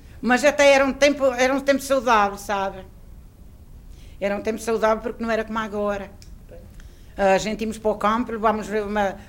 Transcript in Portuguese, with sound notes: Mas até era um tempo… Era um tempo saudável, sabe? [pausa] Era um tempo saudável porque não era como agora.
Pois.
A gente íamos para o campo, levávamos uma…